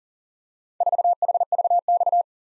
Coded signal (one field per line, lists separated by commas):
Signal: Morse code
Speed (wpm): 40 wpm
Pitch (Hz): 700 Hz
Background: none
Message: 4HVX